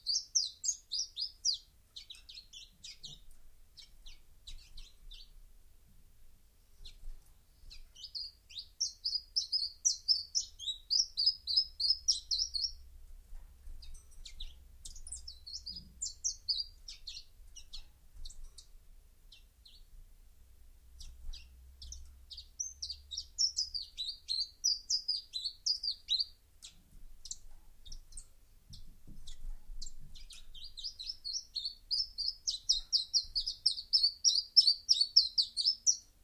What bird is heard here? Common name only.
Common Chiffchaff